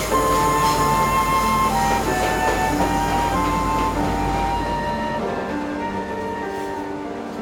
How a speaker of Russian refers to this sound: Поезд уехал и надолго увез девушку из родных мест